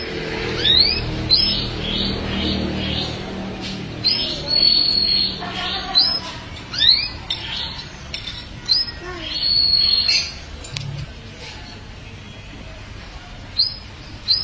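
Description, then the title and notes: Canary singing a varied phrase of swooping upslurs, clipped chirps and drawn-out high whistles, in bursts with short pauses, over a low background hum. "BM Suara Kenari. BM Suara Burung Kenari"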